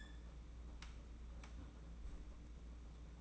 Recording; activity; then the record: daily activity, microphone in the room; close fridge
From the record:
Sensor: 1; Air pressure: 991.8 hPa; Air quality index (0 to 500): 205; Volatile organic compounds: 1000 ppm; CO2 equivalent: 7931 ppm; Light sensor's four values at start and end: 28/98/37/38 and 28/98/37/38